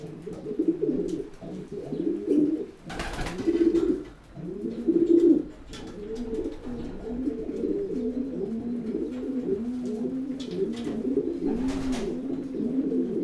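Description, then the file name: Pigeon cooing: low, rolling coos repeated in overlapping phrases, loud at first then continuing steadily, with a few sharp knocks or taps between. "holub"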